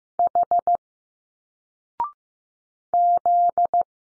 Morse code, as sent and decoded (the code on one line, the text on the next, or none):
.... / --..
H Z